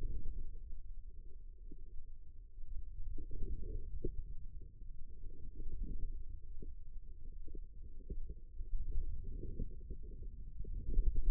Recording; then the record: forearm muscle sounds (acoustic myography)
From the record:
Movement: ulnar deviation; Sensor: system 2, bracelet of six BSWA MPA416 microphones around the upper forearm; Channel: 3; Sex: female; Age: 25 years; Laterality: right